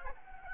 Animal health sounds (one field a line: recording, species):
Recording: mosquito wingbeat signal from an infrared sensor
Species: Anopheles gambiae